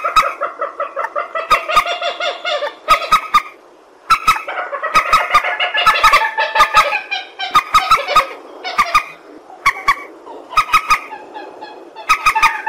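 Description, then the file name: Purple swamphen, loud nasal cackling calls in bursts broken by short pauses, harsh and harmonic-rich, with frequent sharp clicks. "tieng trich re keu"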